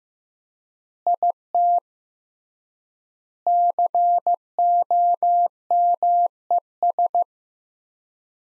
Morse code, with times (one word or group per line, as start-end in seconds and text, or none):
1.1-1.8 IT
3.5-7.2 COMES